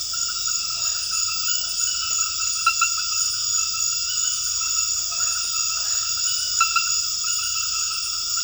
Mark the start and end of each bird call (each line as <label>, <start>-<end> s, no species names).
bird call, 5.07-6.10 s